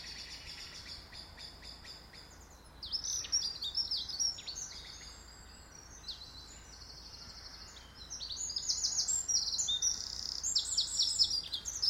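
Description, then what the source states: Birds chirping and twittering, high-pitched rapid notes, quieter at first, then in busier, louder bursts from about three seconds on. Birds singing in a garden.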